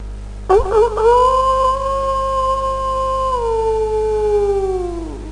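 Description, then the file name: Wolf howling, one long tone that wavers and rises at the start, holds steady for a couple of seconds, then slides downward and fades at the end. "lupo"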